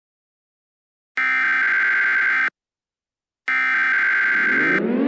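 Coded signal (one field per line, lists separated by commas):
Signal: Emergency Alert System (SAME) tones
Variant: header bursts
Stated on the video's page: Simulated EAS alert tones in a fictional scenario about murderers on the loose.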